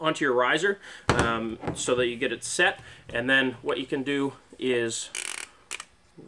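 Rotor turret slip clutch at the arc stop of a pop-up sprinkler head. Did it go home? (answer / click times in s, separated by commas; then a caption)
yes / 5.8 s. Someone talks, then the turret of a Rain Bird 5000 pop-up rotor sprinkler head is turned by hand until it hits the right-hand arc stop. The plastic slip clutch gives two small clicks at 5.8 s and 5.8 s, confirming the turret has reached the stop.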